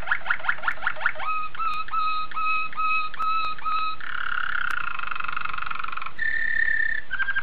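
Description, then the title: Oriental magpie-robin song: a quick run of clipped whistled notes, then slower repeated ringing whistles and long sustained, slightly buzzy tones, all clear and steady. "Kicau Kacer"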